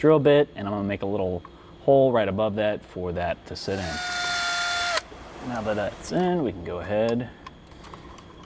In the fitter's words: double check everything's fitting right as you can see that pops right in on this little trim piece here